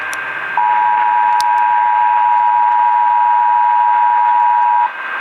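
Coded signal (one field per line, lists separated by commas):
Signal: Emergency Alert System (SAME) tones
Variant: 853 and 960 Hz attention tone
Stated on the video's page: Maryland Required Monthly Test relayed over AM/FM radio and PBS television stations; valid EAS/SAME tones, one FM station slow to relay.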